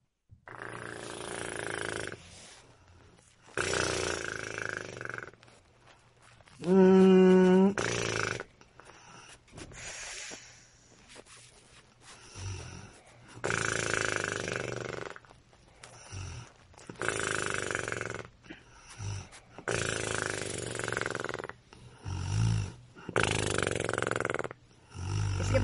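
A sleeping adult snores loudly, with rough, rattling snores recurring every two to three seconds in an uneven rhythm. A few carry a brief honking, buzzing tone. Heavy, irregular snoring like this reflects a breathing disturbance during sleep rather than harmless noise.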